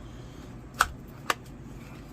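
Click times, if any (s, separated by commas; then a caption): 0.8 s. A Kydex knife sheath is pushed into its notched rotating belt mount until it locks, with a sharp click at 0.8 s confirming it has seated. A second, similar click follows at 1.3 s against a quiet background.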